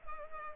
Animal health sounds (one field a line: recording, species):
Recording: mosquito wingbeat signal from an infrared sensor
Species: Culex pipiens